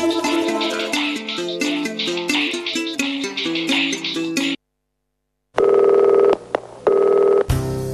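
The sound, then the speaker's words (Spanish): A quick run of stepped electronic dialing tones plays, then a brief silence, followed by two loud steady telephone ring bursts and a hiss of noise at the end. No voices. “Si querés llamar por teléfono, hacelo al”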